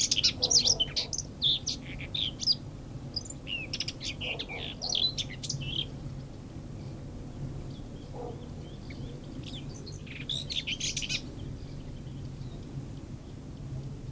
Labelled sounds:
Common Whitethroat (Sylvia communis) song

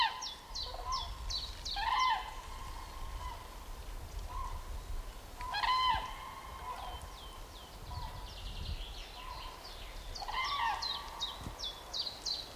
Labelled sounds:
Common Chaffinch (Fringilla coelebs) song

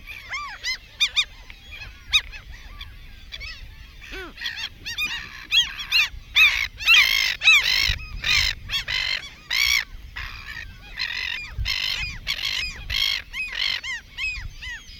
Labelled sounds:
Mediterranean Gull (Ichthyaetus melanocephalus) call

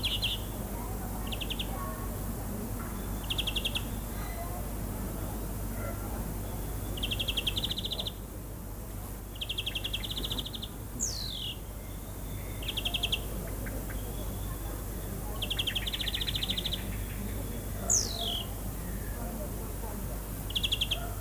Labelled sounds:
European Greenfinch (Chloris chloris) song

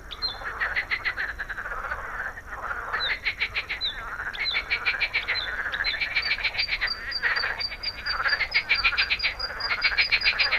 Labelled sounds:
Bluethroat (Luscinia svecica) song

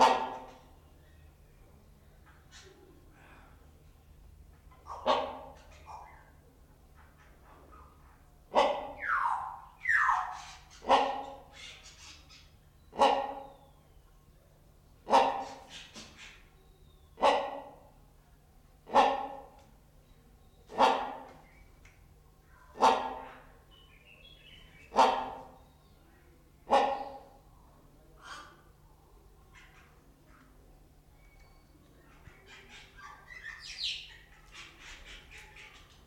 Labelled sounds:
Great Hornbill (Buceros bicornis)

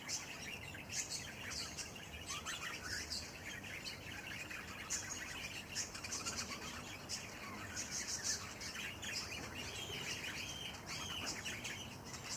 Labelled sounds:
Cockatiel (Nymphicus hollandicus) call

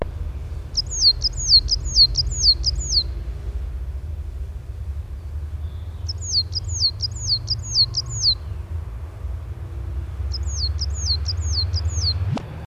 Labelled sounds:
Coal Tit (Periparus ater) song

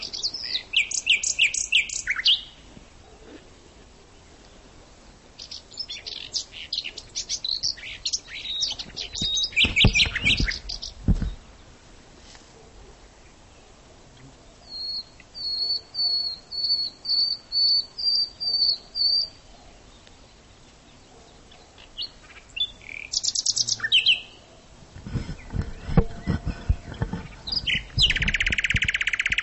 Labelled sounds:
Common Nightingale (Luscinia megarhynchos) song

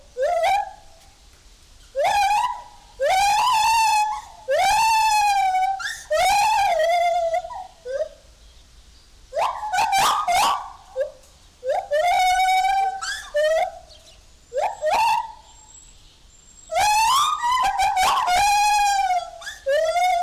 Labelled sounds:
Lar Gibbon (Hylobates lar)

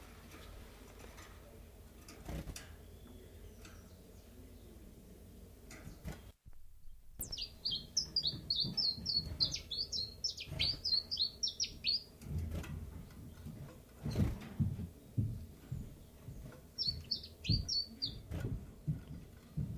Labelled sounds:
Common Chiffchaff (Phylloscopus collybita)

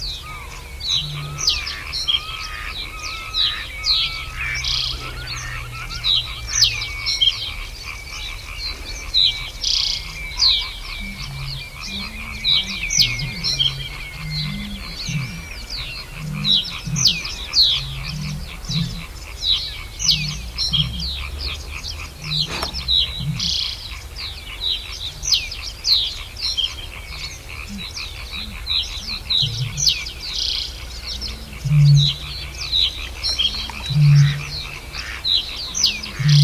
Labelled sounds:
Reed Bunting (Emberiza schoeniclus)

